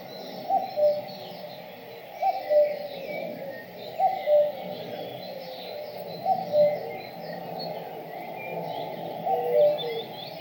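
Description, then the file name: Bird calls: short mellow cooing notes in pairs, repeated roughly every two to three seconds, over a steady background hum and faint higher chirps. In a forest. "bird sounds in the forest"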